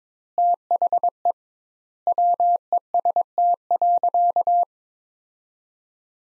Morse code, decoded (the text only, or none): THE WEST.